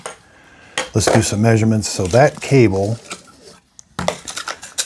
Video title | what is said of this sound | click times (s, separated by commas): Govee Smart Recessed Downlights 4" 4 pk UNBOXING | and then you connect this now when you connect this to the light make sure you push it down all the way it'll kind of Click into place | 0.8 s